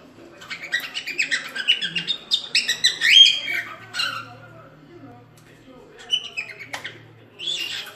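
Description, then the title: Cockatiel chatter and whistles: busy, louder warbling notes early on, then scattered short calls over a faint low hum. More than one cockatiel, whistling a song. "Calopsitas Cantando Assobio"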